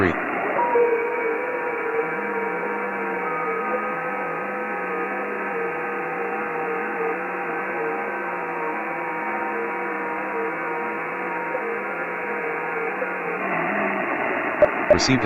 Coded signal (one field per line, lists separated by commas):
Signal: FT8